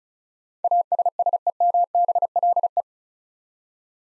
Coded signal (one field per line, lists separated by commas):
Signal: Morse code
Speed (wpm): 34 wpm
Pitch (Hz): 700 Hz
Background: none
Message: ASSEMBLE